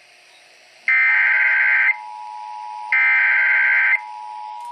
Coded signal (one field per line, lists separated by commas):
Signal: Emergency Alert System (SAME) tones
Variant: header bursts